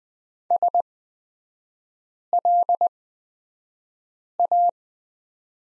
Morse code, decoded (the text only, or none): SLA